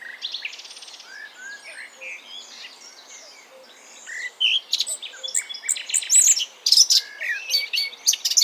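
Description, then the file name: Eurasian blackcap song: a quiet twittering warble that bursts into louder, rapid, varied whistled and scratchy phrases in the second half. "Sylvia atricapilla"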